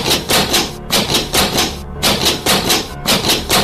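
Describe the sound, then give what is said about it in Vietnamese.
Loud, hard pounding on a bedroom door: a rapid run of heavy, sharp blows that breaks into several bursts with short pauses between them. No voices are heard. “Hinh lại chạy về trước cửa buồng Sảnh, đập cửa thật mạnh.”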